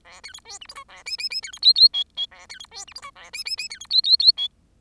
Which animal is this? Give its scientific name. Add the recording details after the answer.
Lonchura striata domestica. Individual Bird10